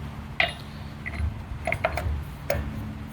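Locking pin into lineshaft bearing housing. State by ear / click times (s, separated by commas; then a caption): seated / 0.4 s. A small metal locking pin with a donut-shaped ring is set into a restored lineshaft bearing to lock the bearing in place. It seats with a sharp metallic click at 0.4 s, followed by lighter metallic taps around 1.7 to 2.0 s and at 2.5 s over a steady low hum. The pin locks the bearing in place.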